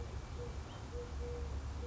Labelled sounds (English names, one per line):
Eurasian Collared Dove